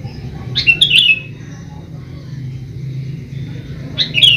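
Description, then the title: Sooty-headed bulbul singing two quick liquid phrases of warbled notes, one near the start and one at the end, over a steady low rumble. "Kutilang"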